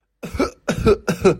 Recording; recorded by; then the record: voluntary cough; messaging app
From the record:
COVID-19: negative